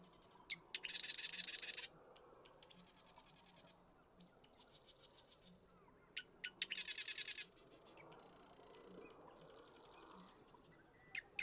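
Marsh Wren song: two loud buzzy rattling trills about six seconds apart, with quieter chattering phrases and ticks between them.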